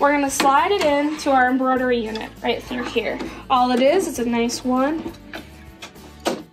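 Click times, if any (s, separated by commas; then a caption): 5.8 s. An embroidery hoop is slid into the carriage of the embroidery unit on a Janome Continental M17 sewing machine while someone talks over background music. The hoop latches with a sharp click at 5.8 seconds, showing it is attached properly.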